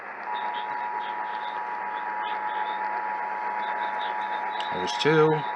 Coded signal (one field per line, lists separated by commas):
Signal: Emergency Alert System (SAME) tones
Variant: 853 and 960 Hz attention tone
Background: speech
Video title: TESTING GALORE... EAS Tests from October 2022 (EAS #1,646-1,704)